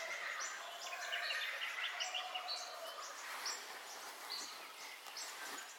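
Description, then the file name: Birds: dawn chorus of many birds, dense high chirps and short whistled notes overlapping continuously above a broad outdoor background hiss. Dawn ambience with bird calls, stereo recording. "AMBIENCE DAWN BIRDCALLS 03 STEREO"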